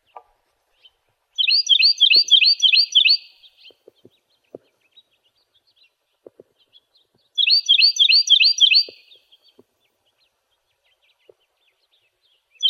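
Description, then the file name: Cactus wren delivering two scratchy, rapid strings of rasping notes, each about two seconds long, with light ticks and clicks in the gaps. "CAWR 1 C deviche"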